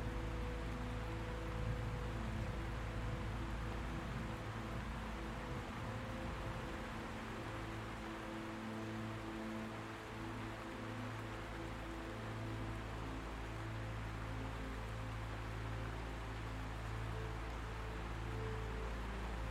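Gentle music of soft, sustained low tones and slow drifting chords sits under a steady hiss like rain. The level stays even for the whole stretch, with a constant low rumble beneath and no sharp breaks or sudden events.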